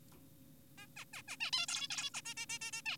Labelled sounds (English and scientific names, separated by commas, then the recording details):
Zebra Finch (Taeniopygia guttata)
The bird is an adult
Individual g4p5U